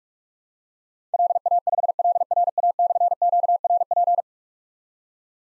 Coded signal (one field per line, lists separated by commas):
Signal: Morse code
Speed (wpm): 46 wpm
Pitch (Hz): 700 Hz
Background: none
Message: LA5LRA/QRP